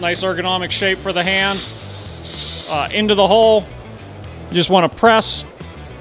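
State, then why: Not seated. A Stan's DART plug tool is handled and pressed into a slice in a tubeless bicycle tyre to push a rubber plug into the puncture. Someone talks over background music, with a few short hissy bursts. The clip ends before the plug seats, so nothing has popped or clicked yet.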